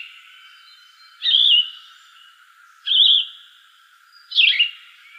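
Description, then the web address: Yellow-throated vireo singing three husky, buzzy phrases, the first two wavering, the last falling, spaced roughly one and a half seconds apart over a faint constant background hiss. "Shrikes Vireos YTVI 090308. deviche"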